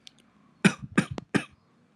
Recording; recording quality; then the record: shallow voluntary cough; excellent, no background noise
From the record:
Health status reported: healthy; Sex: male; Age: 32 years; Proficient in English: yes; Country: India